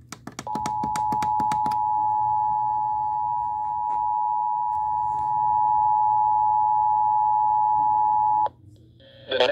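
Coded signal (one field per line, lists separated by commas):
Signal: Emergency Alert System (SAME) tones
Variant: 853 and 960 Hz attention tone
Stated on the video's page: Severe thunderstorm warning received on FM radio and TV, with NOAA Weather Radio stations KIH38 Jackson and KJY83 Carthage.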